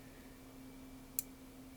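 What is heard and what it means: A Work Sharp RMX Compact folding knife blade is flipped open again and locks into the handle's button lock. A single sharp, loud, bright click sounds at 1.2 s over a quiet steady hum. The button lock engages and the blade is seated.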